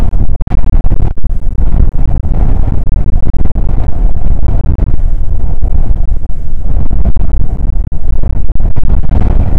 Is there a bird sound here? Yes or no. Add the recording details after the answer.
no. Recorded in the Prudhoe Bay oil fields, Alaska, on 19 July 2019 at 00:04. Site 25